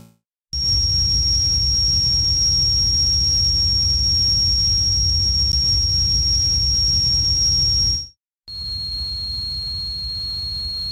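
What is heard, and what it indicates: A steady, very high-pitched ringing tone plays over a soft low rumble for about seven seconds. After a brief pause, a slightly lower steady tone follows. These are simulated tinnitus sounds of the pure-tone ringing type, the most common form of tinnitus, usually heard in both ears or in the center of the head.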